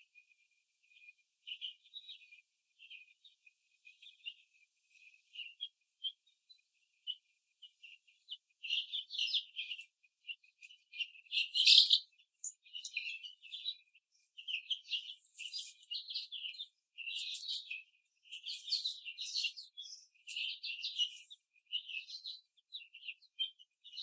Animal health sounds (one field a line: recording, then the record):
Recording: young laying hens in a cage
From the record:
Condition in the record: after the stressor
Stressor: simulated dog barking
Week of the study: 3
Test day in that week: 1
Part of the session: 3